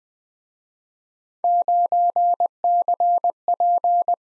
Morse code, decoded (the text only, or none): 9CP